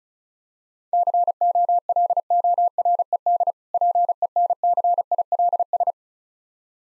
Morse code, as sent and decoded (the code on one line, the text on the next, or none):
-.-. --- .-.. --- .-. . -.. / .--. . -. -.-. .. .-.. ...
COLORED PENCILS